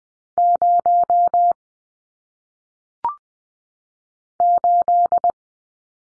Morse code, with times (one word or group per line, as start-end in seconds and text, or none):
0.4-1.5 0
4.4-5.3 8